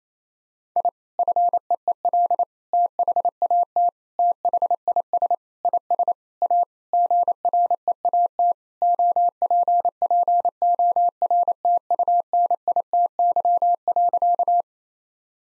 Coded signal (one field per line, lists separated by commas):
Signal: Morse code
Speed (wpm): 28 wpm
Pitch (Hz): 700 Hz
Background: none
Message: I FEEL THAT THIS IS A GREAT OPPORTUNITY.